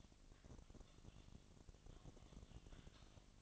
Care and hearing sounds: daily activity, microphone in the room; typing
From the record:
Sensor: 4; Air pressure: 1000.0 hPa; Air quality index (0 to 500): 230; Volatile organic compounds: 30 ppm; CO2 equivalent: 2967 ppm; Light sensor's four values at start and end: 9/21/8/8 and 9/21/8/8

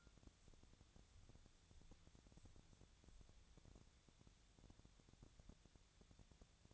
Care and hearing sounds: daily activity, microphone in the room; wipe stove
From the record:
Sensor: 3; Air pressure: 1000.5 hPa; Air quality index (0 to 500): 179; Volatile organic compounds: 4 ppm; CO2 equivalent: 1550 ppm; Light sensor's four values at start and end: 13/31/13/13 and 13/31/13/13

